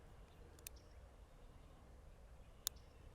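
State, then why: Seated. A Smith & Wesson 351 C .22 Magnum revolver is cycled again, and its cylinder indexes with a faint tick at about 0.7 s. A sharp, bright click follows at 2.7 s as the cylinder stop catches and the cylinder locks into the frame. The cylinder is confirmed locked.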